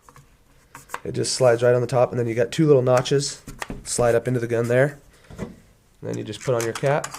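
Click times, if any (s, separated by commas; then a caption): none. A magazine cap is put onto the magazine tube of a Benelli Montefeltro Synthetic 12 gauge shotgun during reassembly and starts to be tightened, while someone talks. A few short handling knocks are heard near the start, at about 0.1, 0.2, 0.8 and 0.9 seconds. The cap has not seated or clicked yet.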